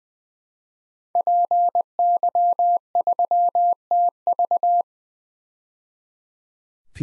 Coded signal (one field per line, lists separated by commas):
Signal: Morse code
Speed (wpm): 20 wpm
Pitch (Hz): 700 Hz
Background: none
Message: PY3TV